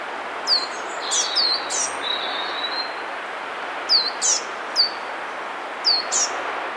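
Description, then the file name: Eurasian blue tit giving high, thin descending notes in short groups, plus a brief faint level whistle, against constant background hiss. "Cyanistes caeruleus"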